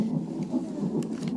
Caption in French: C'est le cœur du bébé qu'on entend là.